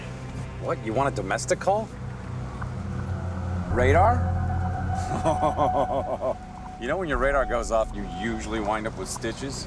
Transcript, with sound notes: What? You want a domestic call? Radar? (Laughing). You know when your radar goes off, you usually wind up with stitches?